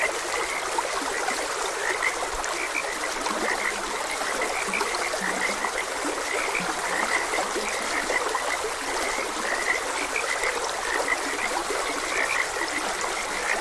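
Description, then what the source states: Frog chorus of brief croaks, repeated unevenly, with a constant background of running stream water. Frogs croaking beside a gentle stream.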